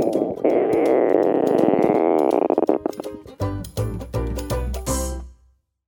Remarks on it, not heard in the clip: Stomach rumbles or your tummy growls, it often means it's time for food. That sound comes from a part of our body called the intestines. That rumbling or growling sound that you hear is air moving around your intestines.